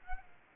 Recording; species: mosquito wingbeat signal from an infrared sensor; Aedes albopictus